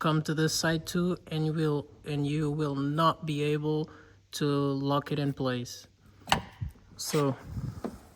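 A plastic piece of the outer door handle assembly on a BMW E39 is held with a screwdriver while being handled into the car door handle carrier, because without the screwdriver it would shift to one side and not lock in place. Someone talks through most of the clip, then short knocking sounds come at about 6.3, 6.7 and 7.9 seconds. The piece has not seated or clicked into place yet.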